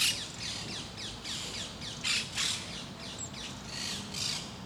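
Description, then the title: Parakeets give harsh, screeching squawks in a loose, overlapping series. Parakeets in Parc de Forest, Saint-Gilles, Belgium; Sony PCM-D100, internal microphones in wide position. "Parc de Forest, 1060 Saint-Gilles, Belgique - Parakeets - Perruches"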